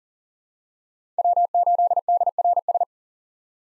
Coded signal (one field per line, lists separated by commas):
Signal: Morse code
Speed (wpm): 40 wpm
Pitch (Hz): 700 Hz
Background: none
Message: W8DRS